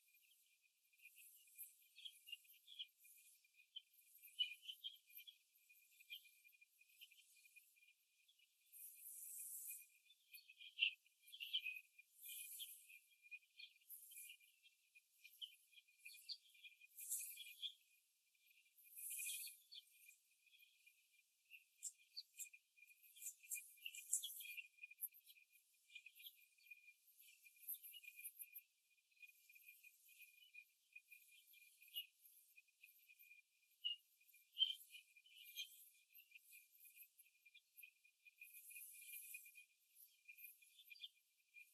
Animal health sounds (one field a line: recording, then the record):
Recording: young laying hens in a cage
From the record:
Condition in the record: after the stressor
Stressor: simulated dog barking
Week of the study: 2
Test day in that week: 2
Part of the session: 4